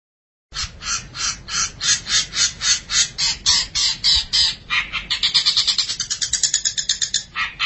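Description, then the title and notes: Long-tailed Shrike harsh calls: rasping, scratchy notes repeated about three times a second, speeding into a faster grating series near the end, over a low background rumble. "Pentet 201703. Suara burung pentet"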